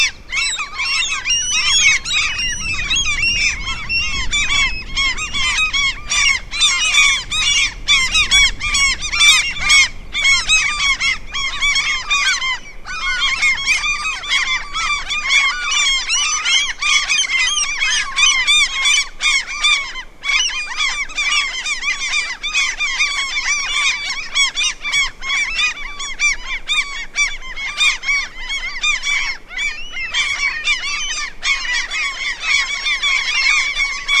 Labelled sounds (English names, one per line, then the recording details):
Common Gull call
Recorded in the wild
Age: adult
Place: Halbinsel Kindo, Karelien, RU
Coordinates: 66.5367, 33.0611
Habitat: taiga
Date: 1994-06-23 15:43
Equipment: Sony TCD-D3, Sennheiser ME 80, K 30 AV (II), Windschutz
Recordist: Frommolt, Karl-Heinz
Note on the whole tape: Nischnoje Erschowskoje Ozero: Rufe, 15 Möwen über Wasser kreisend am Brutplatz, 10 m vor Beobachter Nest mit Dunenjungen auf Stein, Entfernung 30 - 50 m, Tiere gesehen